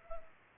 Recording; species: mosquito wingbeat signal from an infrared sensor; Culex pipiens